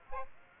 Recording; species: mosquito wingbeat signal from an infrared sensor; Aedes aegypti